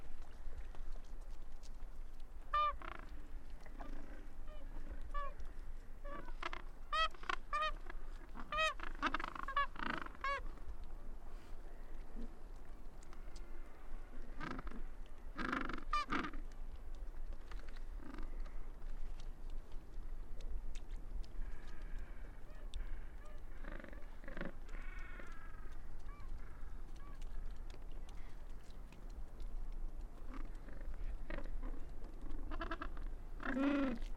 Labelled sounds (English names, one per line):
Gentoo Penguin call